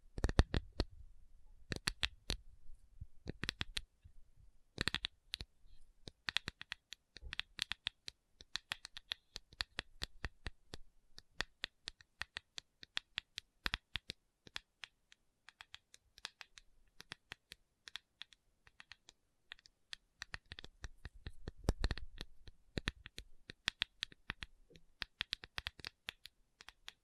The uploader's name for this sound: Tapping Session (No Talking)